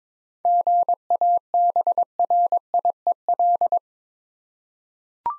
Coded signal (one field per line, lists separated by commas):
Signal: Morse code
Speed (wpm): 22 wpm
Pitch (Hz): 700 Hz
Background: none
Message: GABRIEL